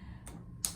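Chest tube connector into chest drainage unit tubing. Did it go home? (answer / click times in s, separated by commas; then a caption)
yes / 0.6 s. A chest tube's plastic connector is pushed onto the tubing of a new chest drainage unit (atrium). A faint tick comes at 0.3 s, then a sharp click at 0.7 s as the connector seats and clicks on, ready to go.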